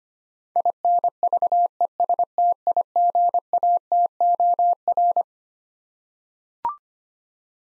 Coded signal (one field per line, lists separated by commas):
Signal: Morse code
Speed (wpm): 25 wpm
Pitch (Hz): 700 Hz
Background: none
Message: INVESTIGATOR